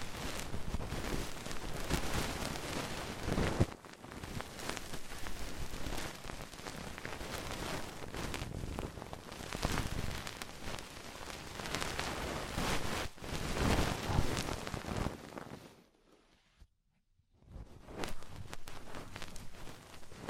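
Ear cleaning sounds: dense, crackly scratching and rustling that fills the whole range, swelling and easing in uneven waves with a sharp tap near four seconds. Around sixteen seconds it drops to near silence for about a second before the scraping resumes.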